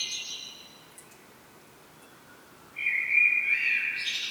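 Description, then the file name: Common blackbird song: the tail of a high twitter at the start, then after a silent gap a rich fluted phrase rising into squeaky notes. "Turdus merula"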